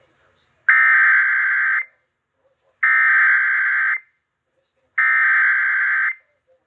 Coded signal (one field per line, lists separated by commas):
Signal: Emergency Alert System (SAME) tones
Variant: header bursts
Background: speech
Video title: A Marginaly Cool Event | EAS Alerts from 8/26/26